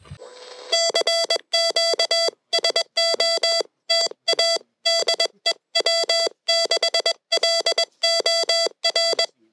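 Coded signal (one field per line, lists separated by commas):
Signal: Morse code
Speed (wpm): 22 wpm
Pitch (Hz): 670 Hz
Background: none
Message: CQ SOTA DE W6LOR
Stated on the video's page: SOTA summit activation on 10m using a newly-built Rockmite transceiver at 100 mW, with a paddle.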